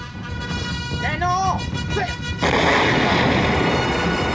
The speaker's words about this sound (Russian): Французская укрепленная батарея полевой артиллерии открывает ураганный огонь по русским войскам.